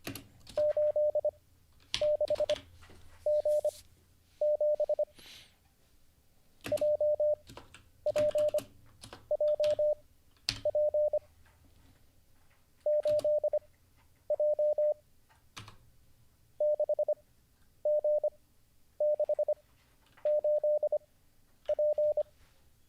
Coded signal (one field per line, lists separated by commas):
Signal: Morse code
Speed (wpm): 25 wpm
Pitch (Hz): 600 Hz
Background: none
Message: 86G7 JPJP 8J 6G68P